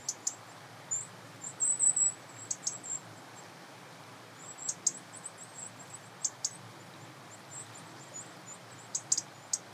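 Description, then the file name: European robin giving very high, thin call notes in scattered bursts, with a brief squeaky twittering run early on. "Erithacus rubecula"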